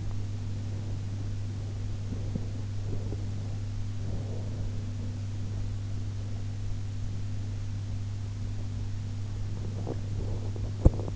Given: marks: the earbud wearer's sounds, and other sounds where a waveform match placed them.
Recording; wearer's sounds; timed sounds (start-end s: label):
sounds in sleep by an in-ear microphone; body movement, breath, teeth grinding
0.00-5.81 s: body movement
2.09-3.24 s: breath
9.53-11.16 s: teeth grinding